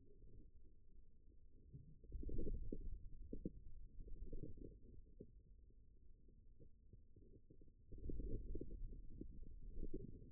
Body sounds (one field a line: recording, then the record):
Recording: forearm muscle sounds (acoustic myography)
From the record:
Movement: wrist flexion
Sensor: system 2, bracelet of six BSWA MPA416 microphones around the upper forearm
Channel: 6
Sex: male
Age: 22 years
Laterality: right